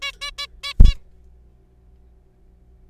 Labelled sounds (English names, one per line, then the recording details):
Zebra Finch
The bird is a juvenile
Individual R3428